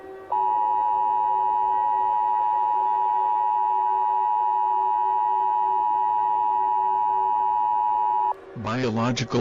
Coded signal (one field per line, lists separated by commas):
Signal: Emergency Alert System (SAME) tones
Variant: 853 and 960 Hz attention tone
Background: speech